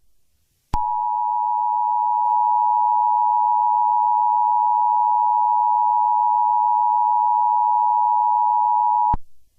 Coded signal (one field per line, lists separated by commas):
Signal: Emergency Alert System (SAME) tones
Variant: 853 and 960 Hz attention tone